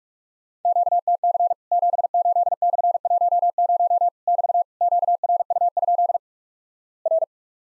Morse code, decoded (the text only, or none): QTC 78/10 <BT> QRU? R